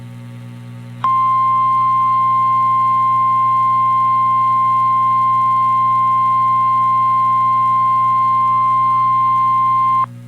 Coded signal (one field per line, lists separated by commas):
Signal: Emergency Alert System (SAME) tones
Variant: 1050 Hz attention tone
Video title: Siouxland Wants Some More | EAS Alerts from 10/23/2022 (EAS #1501-1506)